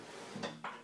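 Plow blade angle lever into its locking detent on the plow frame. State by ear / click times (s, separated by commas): seated / 0.4 s, 0.6 s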